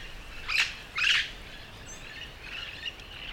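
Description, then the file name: Yellow-shouldered parrot squawks: two coarse, raspy calls in quick succession, then fainter scratchy calls. "yellow shouldered parrot"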